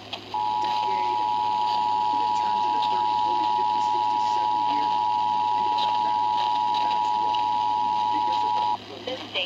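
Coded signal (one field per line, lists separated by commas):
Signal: Emergency Alert System (SAME) tones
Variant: 853 and 960 Hz attention tone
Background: speech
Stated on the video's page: EAS tests.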